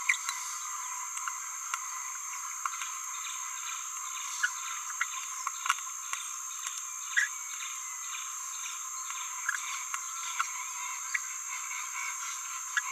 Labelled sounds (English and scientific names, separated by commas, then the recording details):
Green-rumped Parrotlet (Forpus passerinus) babbling
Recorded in a nest box in Venezuela
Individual 18B17A3